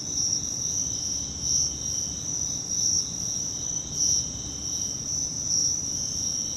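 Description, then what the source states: Crickets in a dense, continuous high-pitched trilling chorus, with faint swells in loudness every second or two over a low steady rumble. Crickets, more than one, in Virginia.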